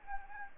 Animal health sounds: mosquito wingbeat signal from an infrared sensor; Anopheles gambiae

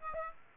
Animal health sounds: mosquito wingbeat signal from an infrared sensor; Aedes aegypti

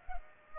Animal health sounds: mosquito wingbeat signal from an infrared sensor; Culex pipiens

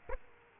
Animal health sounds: mosquito wingbeat signal from an infrared sensor; Aedes aegypti

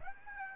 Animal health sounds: mosquito wingbeat signal from an infrared sensor; Aedes aegypti

